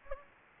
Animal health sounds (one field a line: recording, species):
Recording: mosquito wingbeat signal from an infrared sensor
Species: Anopheles gambiae